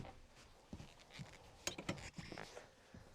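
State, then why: Seated. After the bed is folded back, the sliding seat and bed base of a 2025 WildAx Constellation 3 XL camper van conversion is pushed back along its runners. Soft scuffs and knocks build to a sharp click at 1.7 s, followed by a few smaller knocks. The base latches and locks into place.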